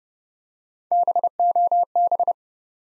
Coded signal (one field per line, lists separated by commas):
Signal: Morse code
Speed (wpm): 30 wpm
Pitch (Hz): 700 Hz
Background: none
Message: BOB